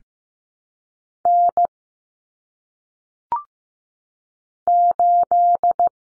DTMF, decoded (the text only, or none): none